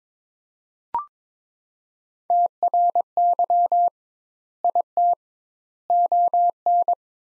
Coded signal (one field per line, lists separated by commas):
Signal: Morse code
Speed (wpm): 22 wpm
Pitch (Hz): 700 Hz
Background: none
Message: TRY IT ON